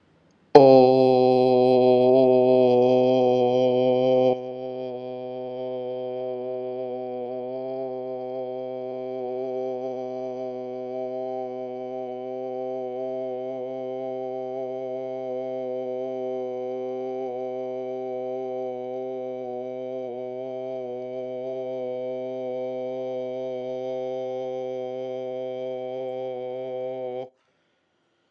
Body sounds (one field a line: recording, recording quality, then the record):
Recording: sustained vowel as in boot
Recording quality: excellent, no background noise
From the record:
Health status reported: COVID-19 positive, mild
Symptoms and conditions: cough, cold, sore throat, fever, fatigue, muscle pain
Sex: male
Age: 25 years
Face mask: not worn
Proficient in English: yes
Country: India